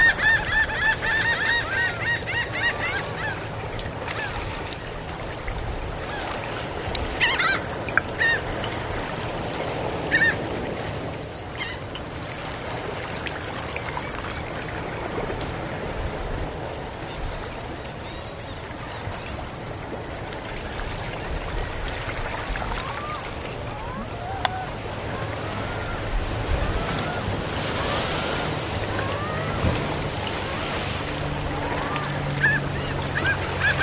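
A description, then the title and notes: Gulls call repeatedly over a steady wash of water along the shore, their cries rising and falling in short bursts throughout. A low rumble, like a boat engine, hums underneath the whole time, and the water noise swells slightly near the end. Seagulls by the Tide Pools. The calming sounds of the ocean and the calls of seagulls.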